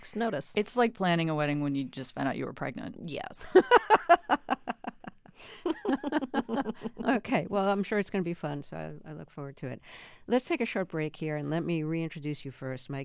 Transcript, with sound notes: It's like planning a wedding when you just found out you were pregnant.
Yes.
(LAUGHTER)
OK. Well, I'm sure it's going to be fun, so I look forward to it. Let's take a short break here. And let me reintroduce you first.